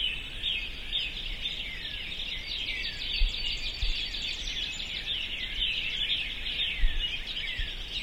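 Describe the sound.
Bird chorus: many birds singing at once in a dense, overlapping wash of chirps and whistles over a steady background hiss, with occasional low thumps.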